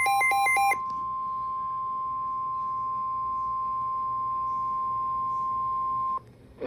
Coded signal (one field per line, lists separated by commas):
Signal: Emergency Alert System (SAME) tones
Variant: 1050 Hz attention tone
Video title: GSP is going crazy: EAS alerts from 7/10/26